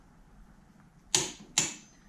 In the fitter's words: the click there and that's our 35 pounds feet or 47 Newton meters now